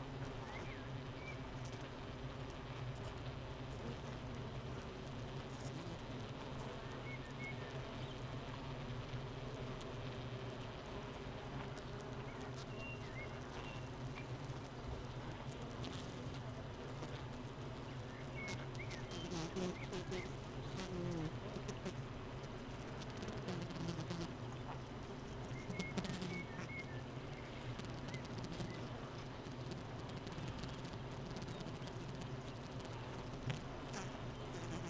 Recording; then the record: honeybee colony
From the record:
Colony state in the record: missing queen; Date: 31 May 2018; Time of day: 8:04